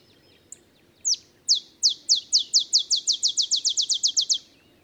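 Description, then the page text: Olive sparrow delivering one accelerating song of crisp falling chips, slow at first and then tumbling faster toward the end. Simple songs like a field sparrow's bouncing-ball song, early morning, Texas, 50 miles north of the Mexican border. "Birdsong for the Curious Naturalist. Olive sparrow"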